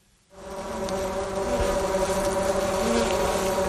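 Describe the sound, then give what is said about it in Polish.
Honey bees kept in the city of Sopot, Poland, buzz in a steady, dense drone that swells in after a brief silence, a continuous hum of many wings with no voices. “W Sopocie musiało się aż zmienić prawo lokalne, żeby mogły zamieszkać w mieście pszczoły miododajne.”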